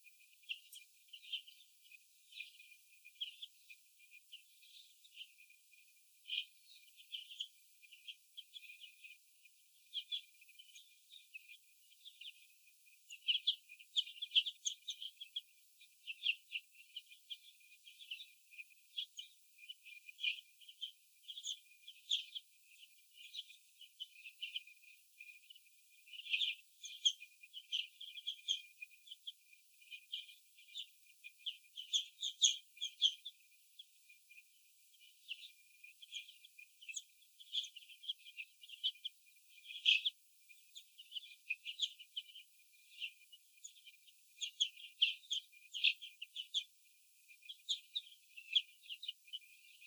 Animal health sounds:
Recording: young laying hens in a cage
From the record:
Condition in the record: before the stressor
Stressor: sudden umbrella opening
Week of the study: 2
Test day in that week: 1

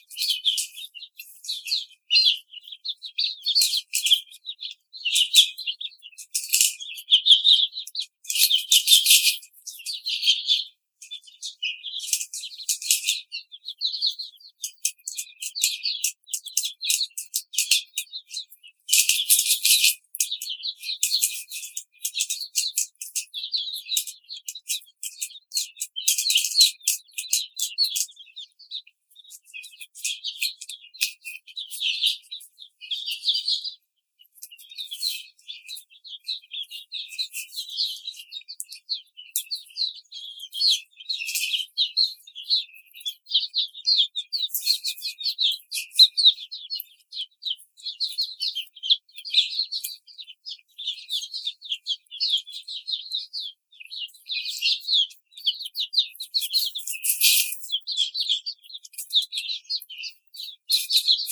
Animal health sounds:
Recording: young laying hens in a cage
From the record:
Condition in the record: treatment cage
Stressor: simulated dog barking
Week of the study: 5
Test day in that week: 1

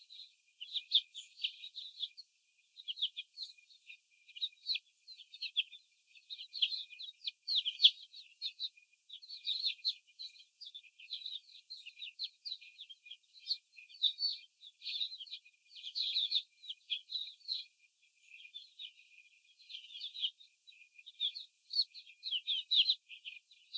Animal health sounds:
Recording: young laying hens in a cage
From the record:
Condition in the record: after the stressor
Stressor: simulated dog barking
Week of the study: 4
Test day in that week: 3

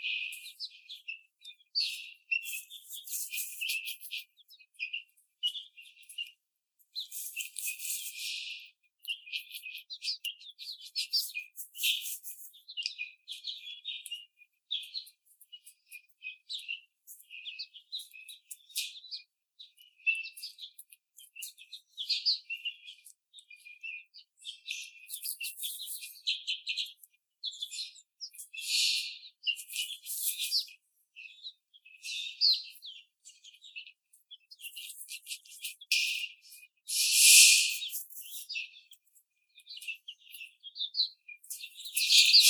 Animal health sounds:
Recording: young laying hens in a cage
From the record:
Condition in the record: after the stressor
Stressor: simulated dog barking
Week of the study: 4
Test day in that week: 2

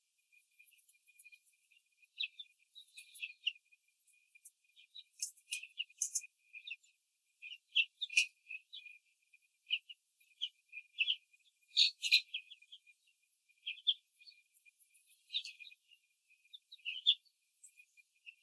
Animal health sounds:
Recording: young laying hens in a cage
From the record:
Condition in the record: control cage, after the stress test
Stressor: none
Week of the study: 4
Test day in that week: 3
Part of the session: 2

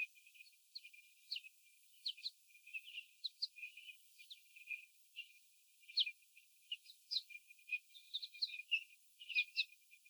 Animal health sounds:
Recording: young laying hens in a cage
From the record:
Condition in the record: before the stressor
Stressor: sudden umbrella opening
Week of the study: 3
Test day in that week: 2

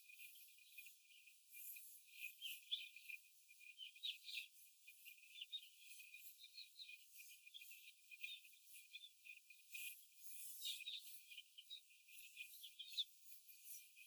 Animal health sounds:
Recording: young laying hens in a cage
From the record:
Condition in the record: after the stressor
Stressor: simulated dog barking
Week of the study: 4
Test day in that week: 1

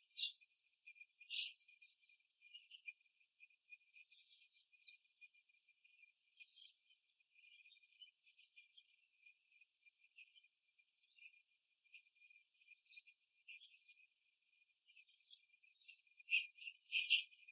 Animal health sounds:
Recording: young laying hens in a cage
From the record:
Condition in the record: before the stressor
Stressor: simulated dog barking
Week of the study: 3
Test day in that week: 1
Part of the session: 1

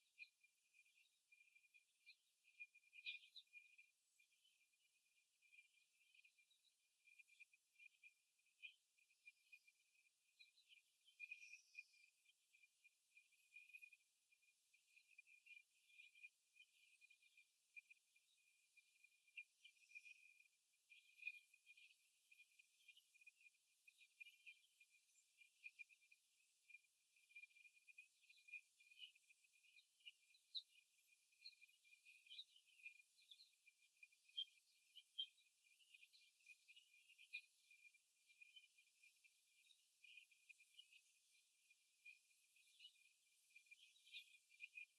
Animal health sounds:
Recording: young laying hens in a cage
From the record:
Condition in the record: after the stressor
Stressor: simulated dog barking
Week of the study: 1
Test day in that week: 2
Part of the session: 2

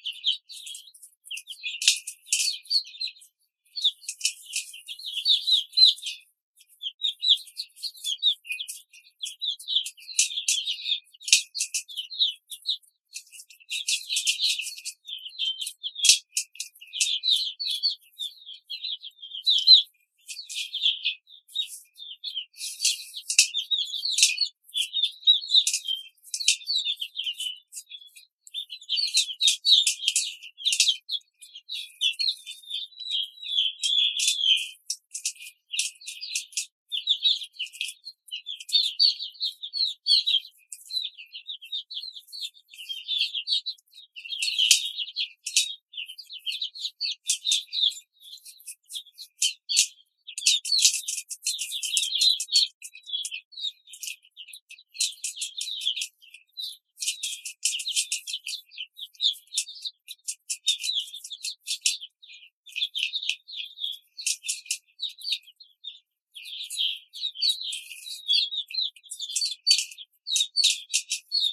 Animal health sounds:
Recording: young laying hens in a cage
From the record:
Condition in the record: control cage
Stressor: none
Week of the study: 5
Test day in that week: 1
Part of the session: 1

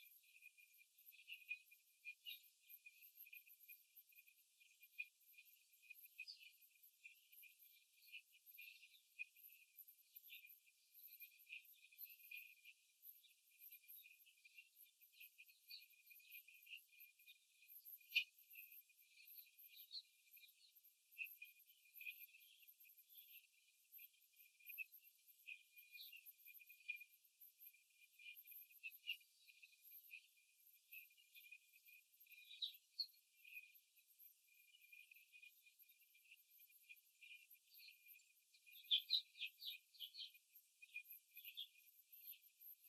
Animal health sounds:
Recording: young laying hens in a cage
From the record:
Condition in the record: after the stressor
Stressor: simulated dog barking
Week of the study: 3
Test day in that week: 2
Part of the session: 3

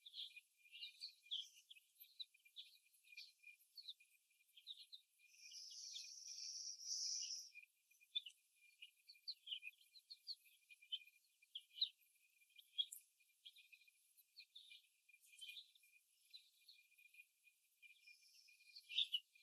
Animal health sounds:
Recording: young laying hens in a cage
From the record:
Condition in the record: before the stressor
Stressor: simulated dog barking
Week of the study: 1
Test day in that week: 1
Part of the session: 1

